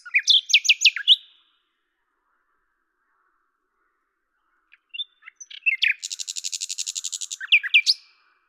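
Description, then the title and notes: Common nightingale song: a burst of loud slurred notes, a silent gap, then scattered notes opening into a long rapid rattling trill. Recorded at Lavours, France, on 10/05/1998 with a Tascam DAP-1 recorder and Télingua microphone, edited in Samplitude 5.1. "rossignol à LAVOURS. D83, 01350 Lavours, France. 10/05/1998 Tascam DAP-1 Micro Télingua, Samplitude 5.1"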